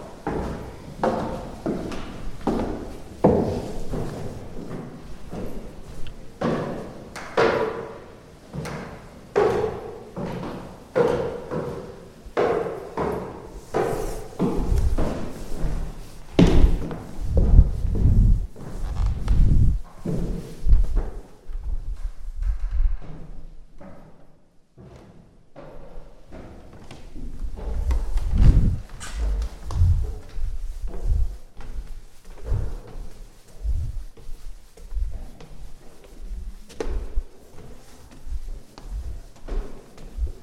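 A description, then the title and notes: A walk through Prague from the Castle toward Charles Bridge, with a busy mix of voices and frequent knocks and thumps, like footsteps and handling noise. The sound briefly thins out around the middle, then the chatter and irregular bumps return. Prague walk from Castle to Charles bridge & both towers. This walk starts at Prague Castle ending at Charles bridge by visiting both towers found at each side of Charles bridge.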